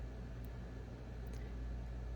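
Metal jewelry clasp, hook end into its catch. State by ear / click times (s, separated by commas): not seated / none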